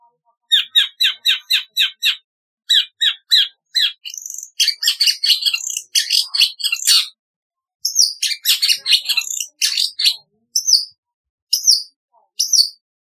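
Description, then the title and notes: Long-tailed shrike song, opening with a fast repeated series of identical chips, then a dense scratchy medley and high sharp whistled notes with pauses. "Kicau Burung Cendet"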